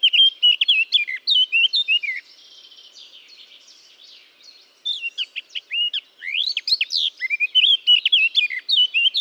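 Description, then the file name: Eurasian blackcap singing two bursts of quick, varied warbling phrases, split by a few seconds of soft, twittering. "Sylvia atricapilla"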